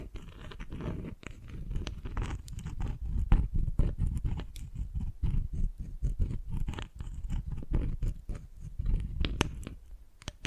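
Dalgona candy being tapped and cracked, with dense, irregular clicks and snaps running throughout. Sharp cracks cut through a steady low crunchy rumble, coming several times per second with brief pauses around the middle and near the end.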